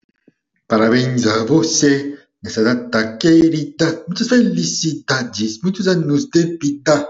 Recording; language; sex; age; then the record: short text; Brazilian Portuguese; male; 40 to 49 years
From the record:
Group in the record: control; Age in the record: 40 years